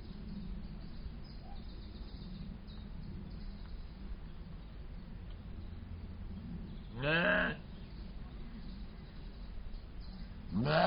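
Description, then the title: Soay sheep bleating, one wavering bleat near seven seconds and another starting at the very end, over a steady low rumble. Soay sheep kept in a zoo in the Eifel region, Germany. "Eifelzoo, 54597, Deutschland - Soay-Schafe. Soay sheep"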